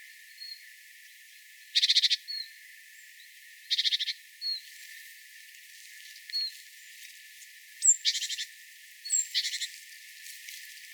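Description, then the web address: Great tit buzzy churring bursts, each about half a second long, alternating with thin high whistled notes. "SETE data Parus major"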